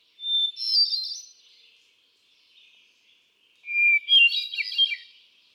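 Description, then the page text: Hermit thrush song: two phrases a few seconds apart, each opening on a clear sustained whistle and breaking into high, fluty, rippling notes. Male singing in Quabbin Park, Ware, Massachusetts, on June 13, 2006, cycling through his repertoire of about ten different songs. "Birdsong for the Curious Naturalist. Hermit thrush. A truly gifted and inspiring songster, example 1. Can you hear how he cycles through his repertoire of about ten different songs? June 13, 2006. Quabbin Park, Ware, Massachusetts"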